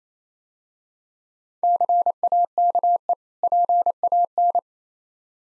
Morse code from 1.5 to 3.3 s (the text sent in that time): CAKE